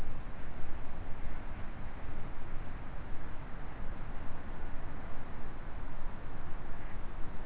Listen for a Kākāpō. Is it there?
no